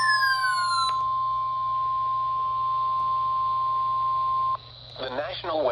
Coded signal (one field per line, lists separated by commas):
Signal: Emergency Alert System (SAME) tones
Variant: 1050 Hz attention tone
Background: speech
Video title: EAS #75 “Chunky SVR.” 8/13/2026